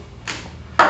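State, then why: Seated. A doctor blade assembly with built-in rare earth magnets is brought up to the magnetic targets on the frame of a HarperScientific PhantomQD quick drawdown proofer. A faint tap sounds at 0.3 s, then a loud sharp snap at 0.8 s as the holder snaps into place and locks.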